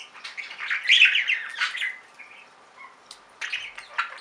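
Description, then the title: Budgerigar chatter, a loud warbled burst in the first two seconds, a quiet spell, then more clicks and chirps. "Budgie Sounds"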